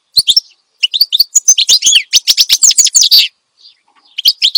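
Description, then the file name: Finch song: a few sharp chirps, then a rapid run of twittering notes with downward sweeps, and a fresh burst at the end. Energetic ('gacor') song used as a master recording for tutoring songbirds. "Suara Kicauan Burung Finch Gacor Dor Cocok Untuk Masteran"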